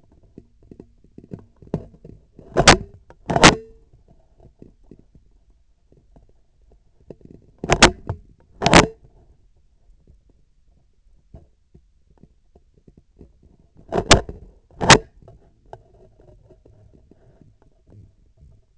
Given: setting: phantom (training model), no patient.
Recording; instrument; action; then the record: laparoscopic instrument, vibration sensor on the handle end; scissors; opening and closing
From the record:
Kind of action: tool actuation without material contact